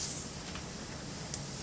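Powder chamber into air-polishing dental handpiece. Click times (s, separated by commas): 1.3 s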